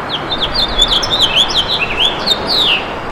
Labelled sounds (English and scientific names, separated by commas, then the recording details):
House Finch (Haemorhous mexicanus) song
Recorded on Long Island, New York, on 27 June 2012
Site BE
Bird A